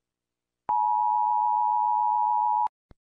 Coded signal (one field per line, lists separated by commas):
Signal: Emergency Alert System (SAME) tones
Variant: 853 and 960 Hz attention tone